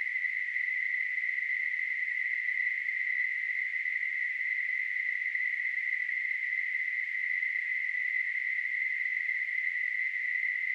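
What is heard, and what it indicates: Tinnitus: a steady, unbroken high-pitched hissing ring, a narrow band of noise centered near 2 kHz, holding the same pitch and loudness throughout.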